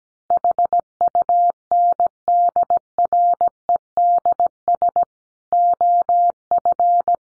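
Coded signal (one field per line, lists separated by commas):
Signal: Morse code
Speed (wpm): 17 wpm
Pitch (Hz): 700 Hz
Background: none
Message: HUNDREDS OF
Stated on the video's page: Morse practice of five-word sets at 17wpm, each set sent before and after being spoken.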